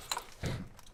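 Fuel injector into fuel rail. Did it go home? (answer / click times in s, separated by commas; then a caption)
no / none. A freshly O-ringed fuel injector is handled and pushed toward the fuel rail during a 4.0 engine overhaul on a ZJ. A sharp, bright tick of handling noise at 0.1 s is followed by a duller, low rubbing thump around 0.4–0.6 s. Nothing has seated or clicked yet.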